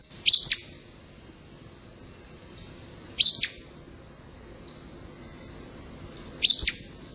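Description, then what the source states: Acadian flycatcher song, a sharp explosive note given three times about every three seconds, with quiet gaps between. Pizza song; one of three visually similar olive Empidonax flycatchers told apart by ear.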